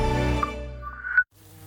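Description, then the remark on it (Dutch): A dense, steady buzzing of bees drones for just over a second, rich and low-pitched with a few brief higher whines, then cuts off abruptly into a much fainter low hum. “Wij gaan in de buurt bijen tellen.”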